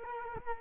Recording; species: mosquito wingbeat signal from an infrared sensor; Culex quinquefasciatus